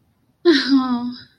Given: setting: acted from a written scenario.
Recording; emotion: vocal sound without words; awe